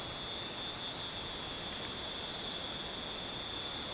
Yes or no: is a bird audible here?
no